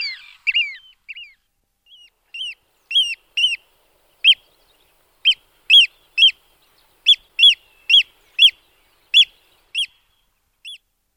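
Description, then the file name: Eurasian oystercatcher giving loud, shrill piping 'kleep' calls, repeated roughly twice a second. "Kulik soroka"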